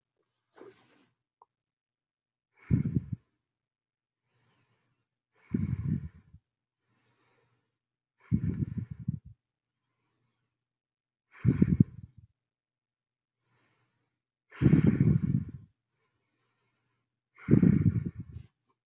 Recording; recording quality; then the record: shallow breathing; excellent, no background noise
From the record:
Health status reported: healthy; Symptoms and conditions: none ticked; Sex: male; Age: 26 years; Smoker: yes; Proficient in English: yes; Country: United States